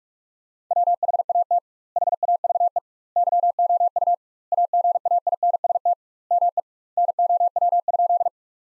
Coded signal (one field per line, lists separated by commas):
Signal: Morse code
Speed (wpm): 46 wpm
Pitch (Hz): 700 Hz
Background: none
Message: WHAT HAVE YOU AGAINST ME NOW?